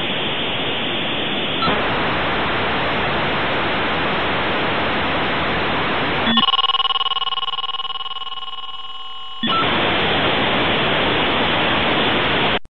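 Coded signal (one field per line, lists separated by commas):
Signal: dial-up modem handshake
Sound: harsh wideband hiss, then a few seconds of steady tones, then hiss resumes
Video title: Modem Sound Effect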